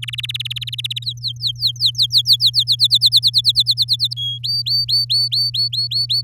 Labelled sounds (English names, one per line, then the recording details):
Domestic Canary song
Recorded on 10 May 2018 at 05:44
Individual llb16